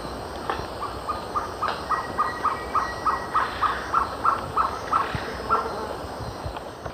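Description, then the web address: Violaceous trogon song of quick, evenly spaced hollow notes, about three each second, then stopping, with a faint higher whistle and clicks in the background. Male; eastern lowlands of South America. "Natures Songs S America Eastern Lowlands Trogon violaceus, song male"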